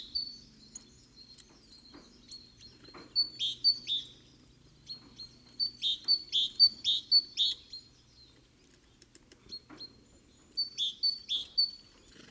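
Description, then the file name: Great tit giving bursts of high sharp chirps in quick runs of several notes, separated by quieter pauses, with faint low rumble behind. "Parus major"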